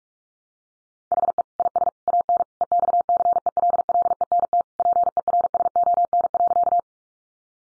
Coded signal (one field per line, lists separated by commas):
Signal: Morse code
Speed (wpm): 44 wpm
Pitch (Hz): 700 Hz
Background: none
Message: HE IS AN EXCELLENT PERSON.